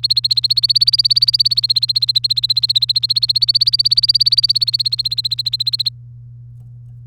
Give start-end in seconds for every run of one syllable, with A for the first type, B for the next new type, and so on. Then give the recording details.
0.00-5.89 A. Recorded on 3 May 2018 at 08:04. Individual llb3